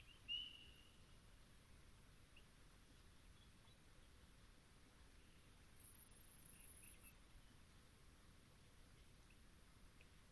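Long Swamp at dusk, a low, steady hiss and murmur underneath. A short whistled chirp sounds near the start, with faint scattered peeps after it. From about six to seven seconds a very high, shrill insect buzz rings out, then stops abruptly.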